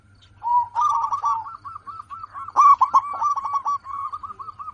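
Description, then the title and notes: Zebra dove song: a run of cooing notes near one pitch, with two bursts of rapid rolling notes and spaced coos between and after, over a faint low hum. Local zebra dove (perkutut lokal), said to be in full voice (gacor) with a loud, crystal-clear voice. "PERKUTUT LOKAL GACOR Suara KRISTAL LANTANG. Kicau Burung Perkutut"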